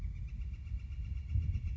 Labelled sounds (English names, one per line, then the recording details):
Northern Flicker
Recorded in Sonoma County, California